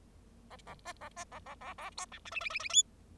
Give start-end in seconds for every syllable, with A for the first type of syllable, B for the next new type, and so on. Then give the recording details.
0.50-0.56 A, 0.67-0.74 A, 0.85-0.93 B, 1.01-1.09 A, 1.16-1.24 B, 1.32-1.39 A, 1.46-1.55 A, 1.61-1.74 A, 1.78-1.90 A, 1.97-2.06 C, 2.12-2.19 D, 2.25-2.31 E, 2.31-2.40 F, 2.40-2.50 F, 2.50-2.59 F, 2.59-2.69 F, 2.69-2.83 G. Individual Bird0